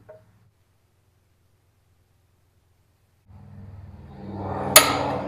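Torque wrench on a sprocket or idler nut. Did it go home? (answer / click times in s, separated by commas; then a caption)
yes / 4.8 s. A torque wrench with a multiplier tightens a large sprocket or idler nut on a mini skid steer undercarriage, loaded by standing on the handle. After a brief faint sound at the start and a quiet stretch, a low strained creaking builds from about 3.3 s. The wrench clicks sharply at its setting at 4.8 s, the moment the other foot comes off the ground.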